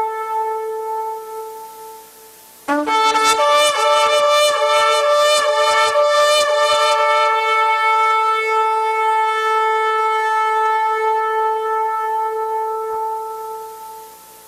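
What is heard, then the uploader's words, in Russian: A shofar sounds a sustained, steady tone that holds for the first couple of seconds, then at about 2.7 seconds a louder, brassier blast bursts in with a rough, buzzy attack. The bright, raspy blast settles into a long held note that fades gradually toward the end. Звук шофара.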